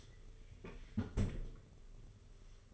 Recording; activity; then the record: daily activity, microphone in the room; close fridge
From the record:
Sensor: 4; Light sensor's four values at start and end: 19/63/23/24 and 19/65/24/24